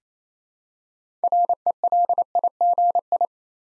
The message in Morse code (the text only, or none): RELIGI